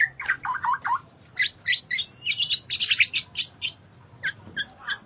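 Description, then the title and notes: Bird song of rapid chirps and short warbled phrases, bright notes tumbling quickly one after another, over a faint low hum. "Bird Sound. Kicau Burung Lengkap"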